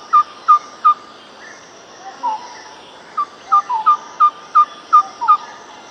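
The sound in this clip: Grey-faced tit-babbler song: a steady series of short, hollow whistled notes, about three per second, in two runs separated by a pause, with a few fainter lower notes between.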